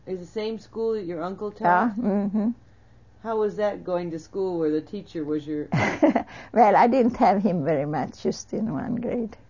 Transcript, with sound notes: The same school that your uncle taught?
Uh-huh.
How was that, going to school where the teacher was your...
( she laughs ) Well, I didn't have him very much, just in one grade.